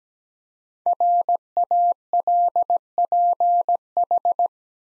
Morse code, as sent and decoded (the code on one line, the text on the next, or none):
.-. .- .-.. .--. ....
RALPH